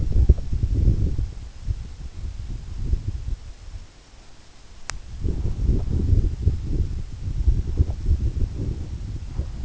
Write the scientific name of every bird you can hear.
none